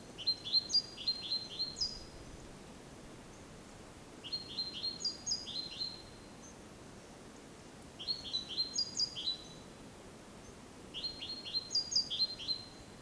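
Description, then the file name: Great tit giving groups of rapid high chirps with squeaky upper notes, four bursts spaced about three to four seconds apart over soft background noise. "Parus major"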